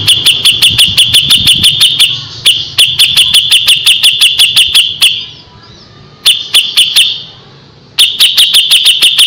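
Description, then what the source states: Grey-cheeked bulbul: sharp, high repeated notes in fast runs, broken by a few short gaps. Masteran recording used to train cage birds.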